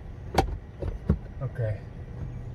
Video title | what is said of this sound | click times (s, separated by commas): Tesla Model 3 / Y Driver Head Up Display (Extra Screens) Installation Step by Step | slide the plastic in to lock it towards the back on the left side | 0.4 s